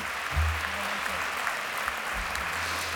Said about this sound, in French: Je crois qu'on peut applaudir à nouveau